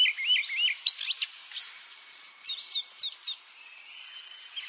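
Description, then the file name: Eurasian blackcap song: a fast, scratchy warble of short chirps and twittering notes, with a brief quieter pause near the end. "Sylvia atricapilla"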